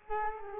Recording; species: mosquito wingbeat signal from an infrared sensor; Culex quinquefasciatus